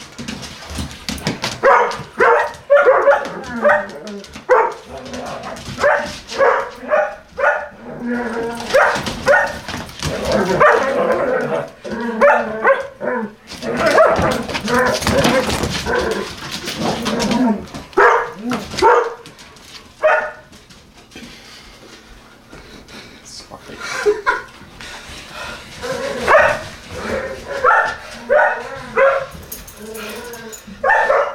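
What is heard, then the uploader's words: Dogs bark in rapid, overlapping bursts nearly throughout, with the densest barking from about 2 to 19 seconds. A quieter stretch around 20 seconds gives way to renewed barks toward the end, with scuffling and movement underneath. We needed the sounds of 4 dogs running and barking. We setup our recording gear at Cmdln’s house and did our own Foley recording session. Fergus’ Foley Follies With Collies.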